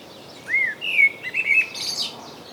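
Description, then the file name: Common blackbird song, a single fluted phrase: a short whistled slur, a sustained mellow note, a few quick warbles, then a scratchy high twitter at the end. "Turdus merula"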